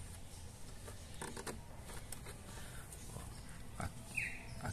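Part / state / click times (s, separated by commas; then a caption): headlight bulb into headlight reflector housing / not seated / none. A headlight bulb is worked by feel into the reflector housing in a tight space behind the headlight of a Clio, producing soft scraping and rubbing with brief sharp taps near 1.2, 2.1 and 4.2 seconds. The bulb does not seat because it is too far to the side, and nothing has seated or clicked yet.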